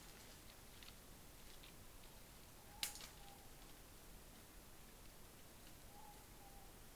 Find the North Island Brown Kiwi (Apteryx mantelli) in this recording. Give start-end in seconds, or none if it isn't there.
none